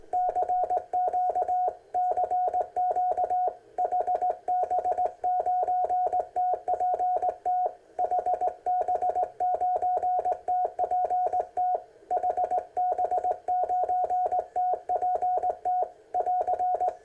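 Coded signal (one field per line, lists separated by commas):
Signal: Morse code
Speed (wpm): 18 wpm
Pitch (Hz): 730 Hz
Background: none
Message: CQ CQ HB9TPT HB9TPT HB9TPT <AR>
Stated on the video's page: CW QRP contacts on 40 meters from a Ten Tec kit radio at 3 W into a 42-meter Windom antenna.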